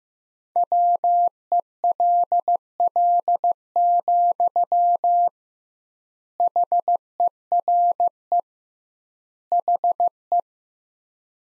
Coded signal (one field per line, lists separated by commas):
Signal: Morse code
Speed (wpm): 15 wpm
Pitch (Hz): 700 Hz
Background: none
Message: WELL, HERE HE